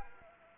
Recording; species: mosquito wingbeat signal from an infrared sensor; Anopheles arabiensis